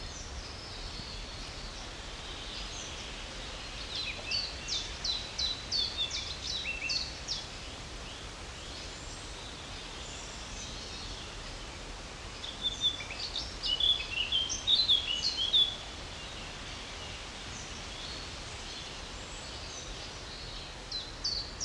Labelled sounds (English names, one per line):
Common Chiffchaff